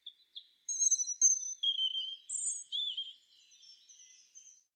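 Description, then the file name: European robin producing thin, high, drawn-out whistled notes that waver and overlap for about three seconds, then fade to softer faint notes. "Erithacus rubecula"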